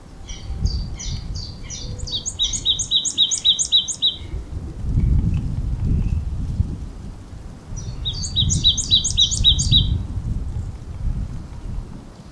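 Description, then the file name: Marsh tit giving two bursts of rapid, high, doubled chattering notes, separated by a pause, over a low rumbling background noise. "Poecile palustris"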